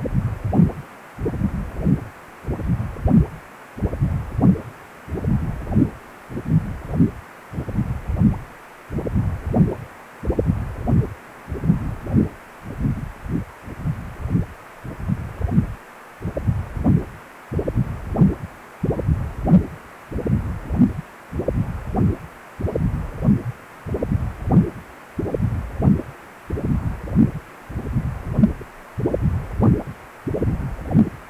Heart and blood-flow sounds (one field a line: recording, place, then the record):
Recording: Doppler ultrasound of blood flow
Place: precordium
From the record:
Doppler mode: continuous wave and pulsed wave in the uncut recording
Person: healthy adult, 18 to 50 years, no heart murmur, not diving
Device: 2.5 MHz transducer